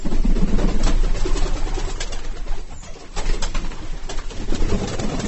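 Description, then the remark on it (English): Low, throaty coos from fancy pigeons of the kind known as turbots roll in a continuous, overlapping murmur, several birds burbling together with occasional sharper flutters and clicks breaking through the steady warble. “This particular bird, Darwin would have known these birds as turbots.”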